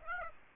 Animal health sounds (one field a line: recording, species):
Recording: mosquito wingbeat signal from an infrared sensor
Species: Aedes aegypti